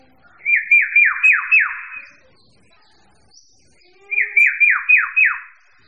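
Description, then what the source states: Bird song: a bright phrase of five quick, sharply descending slurred notes, given twice about three and a half seconds apart, with a faint high chip between. Mixed birds.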